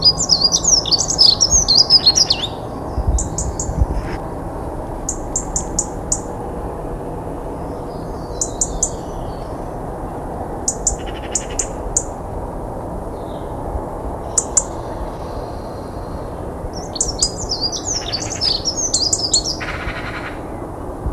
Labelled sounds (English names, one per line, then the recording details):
Dunnock
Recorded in the wild
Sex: male
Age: adult
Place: Malchower Aue, Berlin, DE
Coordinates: 52.5808, 13.4886
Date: 1990-04-06 19:55
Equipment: Riporter 6 RG-K, Halbspur, Sennheiser MKH 416 T
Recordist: Frommolt, Karl-Heinz